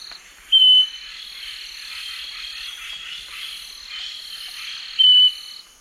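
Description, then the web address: Southern nightingale-wren giving a pure whistle near the start and again near the end, over a steady buzzing insect chorus. Recorded in the Eastern Lowlands of South America. "Natures Songs S America Eastern Lowlands. Southern Nightingale-Wren"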